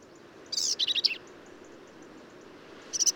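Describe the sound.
Black-capped vireo song: one brief jumbled phrase of sharp, squeaky high notes, then a short pause and the start of another phrase.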